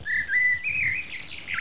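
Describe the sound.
Bird giving a short whistled, warbling phrase that wavers in pitch.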